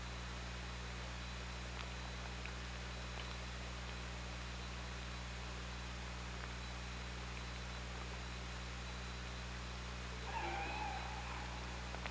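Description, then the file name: Killer whale call, a brief harmonic, wavering tone near the end, over steady low underwater hum and scattered faint clicks. OrcaLab underwater hydrophone, 24 August 2017, about 23:59. "Orca Lab UTLN JASON 20170824 235922"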